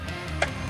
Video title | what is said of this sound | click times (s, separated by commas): The 3-phase Hybrid Inverter – Installation Video | when you hear a click the terminal strip is properly engaged | 0.4 s